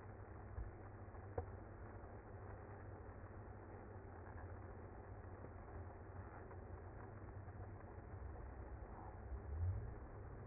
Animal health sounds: honeybee colony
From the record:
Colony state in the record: active

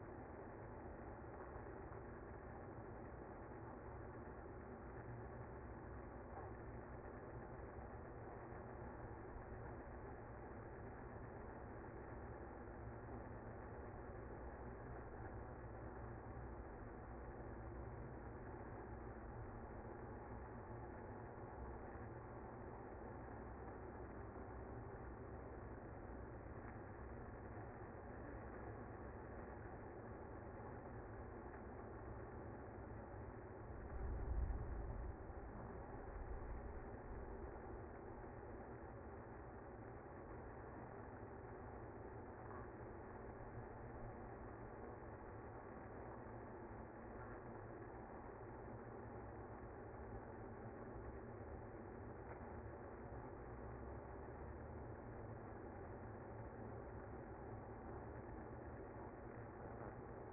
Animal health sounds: honeybee colony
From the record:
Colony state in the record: active

